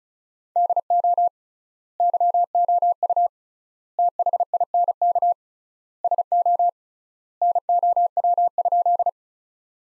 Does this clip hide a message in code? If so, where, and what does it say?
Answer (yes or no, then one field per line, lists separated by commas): yes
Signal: Morse code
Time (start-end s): 0.6-9.1 s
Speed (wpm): 36 wpm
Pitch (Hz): 700 Hz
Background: none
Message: DO YOU THINK SO NOW?